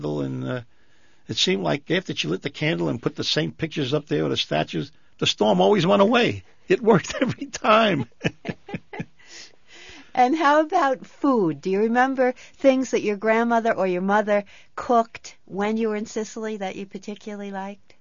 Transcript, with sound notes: And it seemed like after she lit the candle and put the same pictures up there with the statues, the storm always went away. It worked very time. ( they laugh )
And how about food? Do you remember things that your grandmother or your mother cooked when you were in Sicily that you particularly liked?